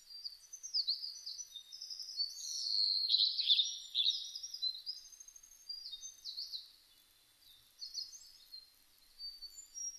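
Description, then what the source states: Blue-and-white flycatcher song, a high warble of quick slurred whistles and twittering notes that rise and fall and run on nearly throughout, with a brief lull near seven seconds. Recorded on 1 May 2005.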